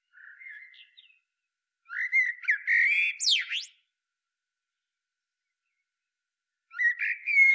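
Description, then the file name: Eurasian blackbird song: a soft warble, then a loud fluted phrase finishing in rapid high squeaks, and another phrase starting after a pause. "Turdus merula"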